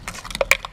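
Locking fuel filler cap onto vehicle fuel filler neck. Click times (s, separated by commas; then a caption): 0.5 s. After refuelling, a locking fuel filler cap is put back on the vehicle's fuel filler neck and turned clockwise. A series of small clicks and taps is heard, with the sharpest click at 0.5 s as the cap clicks shut and seats.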